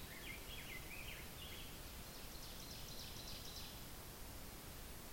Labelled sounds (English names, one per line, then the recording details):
Ovenbird song
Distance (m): 45 m
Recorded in boreal forest in Alberta, Canada, on 10 June 2016 at 07:43
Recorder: SongMeter 3, array SBT-3-39
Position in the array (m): 325 m, 145 m
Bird 19